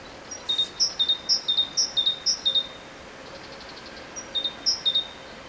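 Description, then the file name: Great tit song: a series of bright two-note phrases, repeated about twice a second, with a short pause before a final bout. "Parus major"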